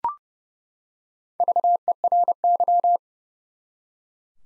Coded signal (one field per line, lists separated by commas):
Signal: Morse code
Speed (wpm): 30 wpm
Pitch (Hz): 700 Hz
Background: none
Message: VERY